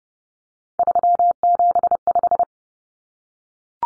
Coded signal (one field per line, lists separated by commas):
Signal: Morse code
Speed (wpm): 28 wpm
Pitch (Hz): 700 Hz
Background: none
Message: 375